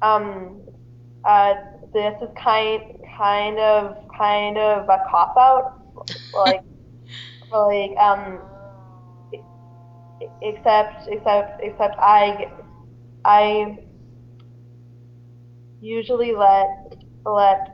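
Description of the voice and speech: Adult woman's speech with repeated words and part-words, prolonged sounds and long silent blocks: adult stuttering.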